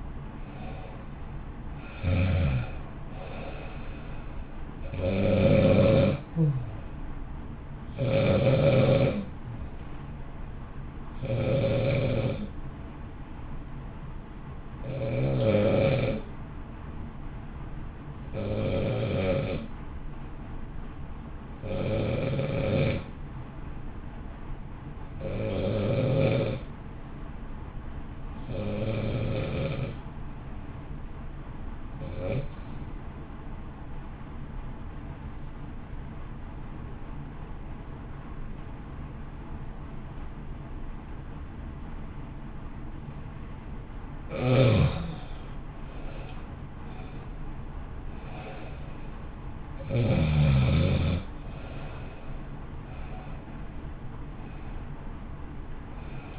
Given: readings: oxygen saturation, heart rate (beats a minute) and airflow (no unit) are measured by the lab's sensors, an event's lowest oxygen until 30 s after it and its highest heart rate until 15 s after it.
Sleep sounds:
breathing in sleep by a smartphone at the bedside; 2
5.00-15.20 s: hypopnea (N1, oxygen 93% highest, then 88% lowest, heart rate 65 at the start, 65 highest)
29.00-56.39 s: new sleep stage, REM sleep
32.00-48.30 s: hypopnea (REM, oxygen 95% highest, then 87% lowest, heart rate 57 at the start, 64 highest)
From the record:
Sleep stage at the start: N1 (lightest sleep); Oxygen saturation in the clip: 88 to 95%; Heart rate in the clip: 55 to 66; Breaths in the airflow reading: 19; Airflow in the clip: -0.8 to 0.9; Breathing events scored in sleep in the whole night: 328 in 6.3 hours asleep

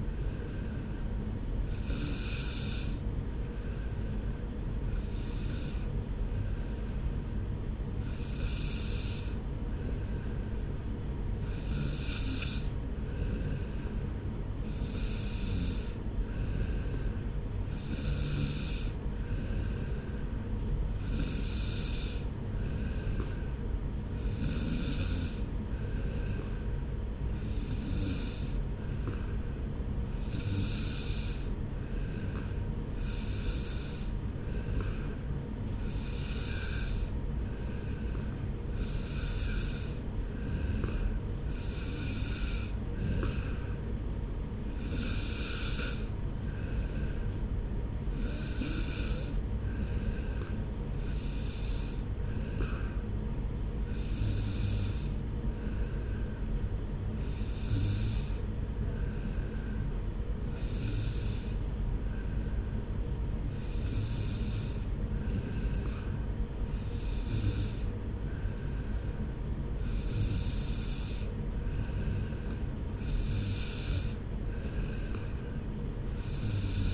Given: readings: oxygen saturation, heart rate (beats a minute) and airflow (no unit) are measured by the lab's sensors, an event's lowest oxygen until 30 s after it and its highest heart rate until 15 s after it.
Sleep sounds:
breathing in sleep by a smartphone at the bedside; none
none scored
From the record:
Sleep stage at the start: N2 (light sleep); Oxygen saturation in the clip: 92 to 94%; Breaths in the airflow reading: 24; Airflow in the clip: -1.3 to 1.4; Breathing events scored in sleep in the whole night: 335 in 6.7 hours asleep

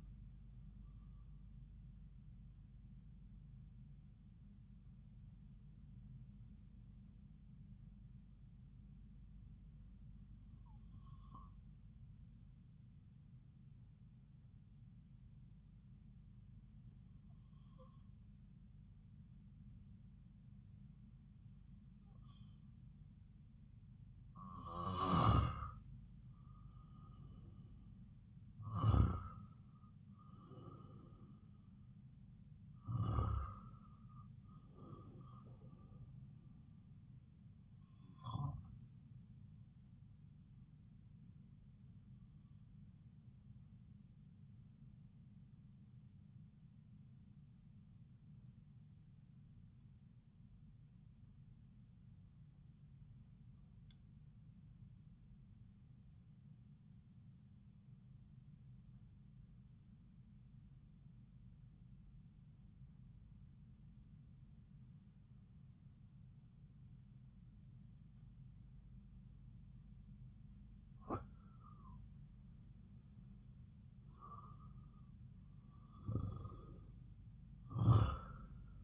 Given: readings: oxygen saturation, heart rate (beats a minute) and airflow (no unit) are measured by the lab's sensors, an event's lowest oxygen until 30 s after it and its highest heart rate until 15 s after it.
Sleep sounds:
breathing in sleep by a smartphone at the bedside; 2
11.00-26.80 s: hypopnea (REM, oxygen 98% highest, then 90% lowest)
44.00-70.80 s: obstructive apnea (REM, oxygen 95% highest, then 87% lowest)
From the record:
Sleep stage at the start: REM sleep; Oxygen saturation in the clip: 81 to 98%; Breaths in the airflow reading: 8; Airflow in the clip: -7.0 to 8.3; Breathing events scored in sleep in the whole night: 270 in 6.1 hours asleep

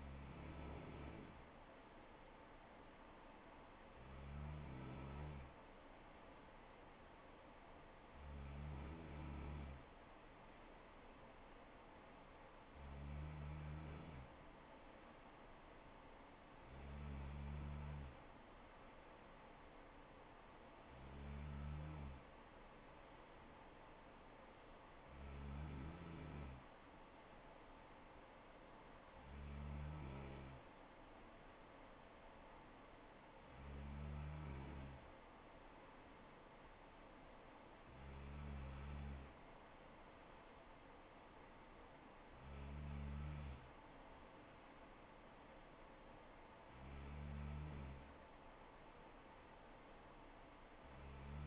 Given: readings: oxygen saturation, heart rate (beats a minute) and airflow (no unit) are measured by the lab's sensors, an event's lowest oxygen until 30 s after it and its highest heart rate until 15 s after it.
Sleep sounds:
breathing in sleep by a voice recorder at the bedside; none
none scored
From the record:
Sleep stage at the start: N3 (deep sleep); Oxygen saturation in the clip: 94 to 95%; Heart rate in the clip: 65 to 69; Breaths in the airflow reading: 12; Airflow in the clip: -4.2 to 3.1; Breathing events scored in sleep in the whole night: 79 in 6.3 hours asleep

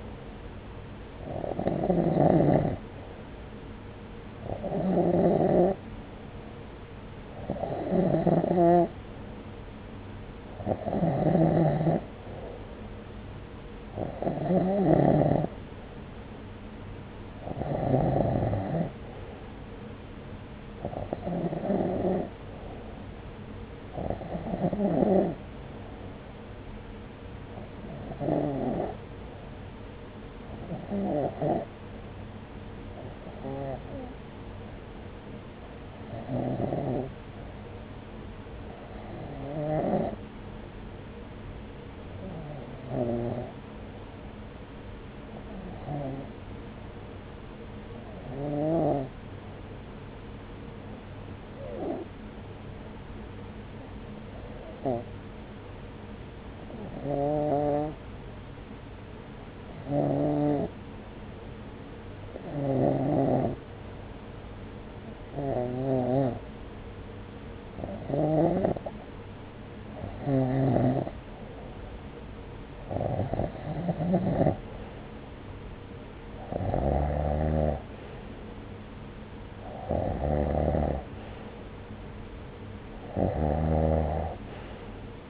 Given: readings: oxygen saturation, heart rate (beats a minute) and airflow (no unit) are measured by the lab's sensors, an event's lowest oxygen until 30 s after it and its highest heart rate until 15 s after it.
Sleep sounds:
breathing in sleep by a voice recorder at the bedside; 1
32.00-73.10 s: hypopnea (REM, oxygen 94% highest, then 90% lowest, heart rate 68 at the start, 69 highest)
From the record:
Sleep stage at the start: REM sleep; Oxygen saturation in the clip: 91 to 94%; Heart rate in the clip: 64 to 71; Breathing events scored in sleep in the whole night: 303 in 8.1 hours asleep

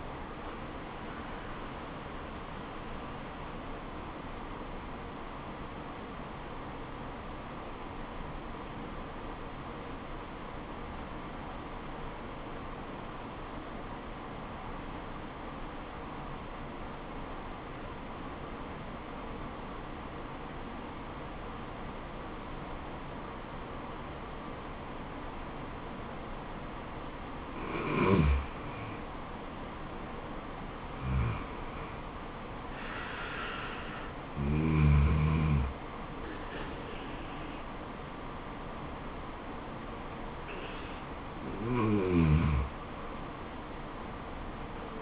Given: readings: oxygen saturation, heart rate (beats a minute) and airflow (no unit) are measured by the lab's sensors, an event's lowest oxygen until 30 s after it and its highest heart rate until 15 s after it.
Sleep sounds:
breathing in sleep by a voice recorder at the bedside; 1
9.00-29.90 s: obstructive apnea (N2, oxygen 97% highest, then 90% lowest, heart rate 71 at the start, 75 highest)
From the record:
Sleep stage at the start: N2 (light sleep); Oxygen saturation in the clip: 91 to 97%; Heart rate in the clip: 66 to 75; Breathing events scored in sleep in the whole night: 426 in 7.4 hours asleep

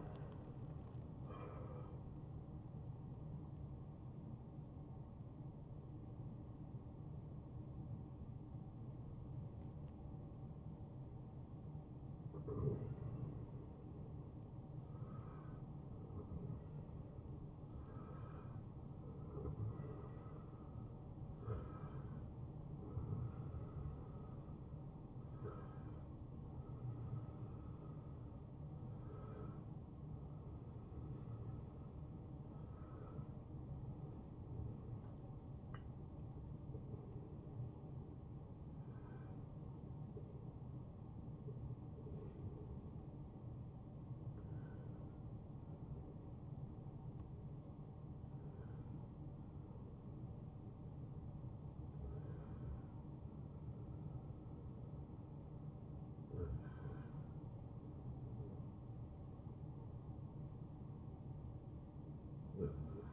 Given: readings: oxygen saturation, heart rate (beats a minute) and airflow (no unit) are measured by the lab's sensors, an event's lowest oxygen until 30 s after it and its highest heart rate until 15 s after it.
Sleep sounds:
a person awake in a sleep study, by a smartphone at the bedside; none
22.00-63.13 s: new sleep stage, awake
24.00-63.13 s: awake
From the record:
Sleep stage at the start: N1 (lightest sleep); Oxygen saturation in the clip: 66 to 94%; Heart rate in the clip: 72 to 99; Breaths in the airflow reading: 13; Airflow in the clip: -8.6 to 10.9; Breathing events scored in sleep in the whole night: 263 in 5.5 hours asleep

